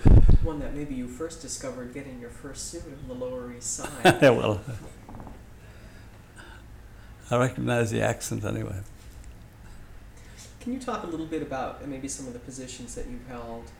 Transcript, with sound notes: one that maybe you first discovered getting your first suit on the Lower East Side.
( he laughs ) I recognized the accent, anyway.
Can you talk a little bit about maybe some of the positions that you've held?